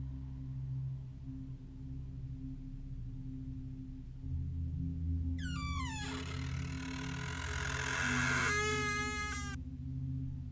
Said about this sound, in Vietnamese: Thế nhưng vừa nhắm mắt chả được bao lâu thì những âm thanh lại tiếp tục văng vẳng vang lên. Những tiếng ken két như là người ta đang từ từ mở cửa.